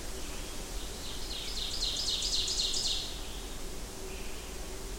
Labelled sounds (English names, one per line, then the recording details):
Ovenbird song
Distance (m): 35 m
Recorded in boreal forest in Alberta, Canada, on 25 June 2016 at 08:44
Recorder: SongMeter 3, array SBT-6-76
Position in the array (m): 32 m, 109 m
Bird 2